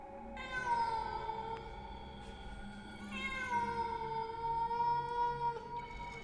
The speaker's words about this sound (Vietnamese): Ông Thức bị con mèo đen phá rối, cầm lá bùa ném thẳng đến chỗ con mèo. Con mèo ai oán, gào lên, nhảy ngược ra đằng sau.